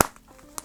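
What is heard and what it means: A metal button snap on the flap of a black caviar leather Chanel card holder with gold hardware is pressed shut, giving a sharp, loud click at 0.0 s. A faint tick follows near 0.2 s and a second, quieter click at 0.6 s. The snap seats and closes tightly.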